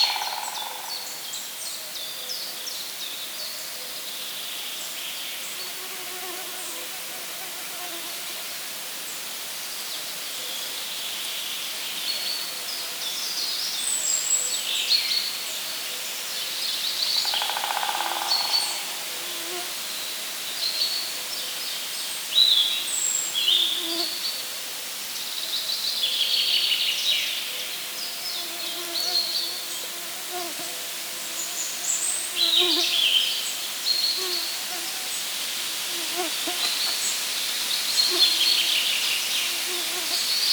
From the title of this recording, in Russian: день в лесу (day in the wood)